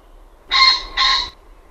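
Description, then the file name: Common pheasant giving a harsh, hoarse two-note crow, both loud grating syllables rich in overtones, in quick succession over faint background hum. "FASAANI"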